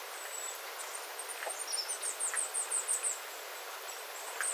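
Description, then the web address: Small birds giving very high, thin calls, including a quick run of several notes, with soft dripping water beneath. Small flock of small birds calling; water dripping from the eaves after rain; recorded 9 September 2025. "paivat 9 9 2025 pikkulintuparven aantelya vesi tippuu raystaalta sateen jalkeen"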